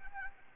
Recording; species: mosquito wingbeat signal from an infrared sensor; Anopheles arabiensis